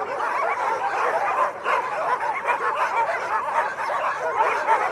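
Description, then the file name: Dogs barking and yipping in a continuous overlapping chorus that briefly dips, then resumes. Dogs in kennels. "Kennels Ayval"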